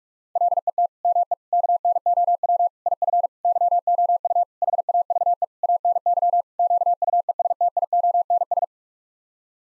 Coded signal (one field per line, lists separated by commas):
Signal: Morse code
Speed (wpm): 46 wpm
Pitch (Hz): 700 Hz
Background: none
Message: LET ME KNOW IF YOU HAVE ANY QUESTIONS